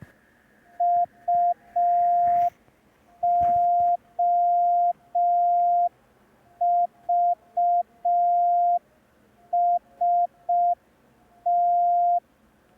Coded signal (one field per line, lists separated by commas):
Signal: Morse code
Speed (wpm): 5 wpm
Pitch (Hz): 700 Hz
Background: none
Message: UOVST